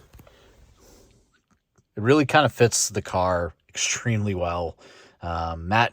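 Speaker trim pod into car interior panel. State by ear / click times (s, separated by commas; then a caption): seated / 0.1 s, 0.2 s, 0.3 s. A custom speaker trim pod is pressed back into its mounting in the interior panel of a 2022 VW Golf R, and it snaps into place with a quick cluster of sharp, short clicks at 0.1, 0.2 and 0.3 seconds. After a short pause, someone talks. The pod is seated.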